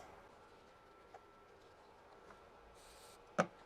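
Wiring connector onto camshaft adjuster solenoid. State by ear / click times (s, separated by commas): seated / 3.4 s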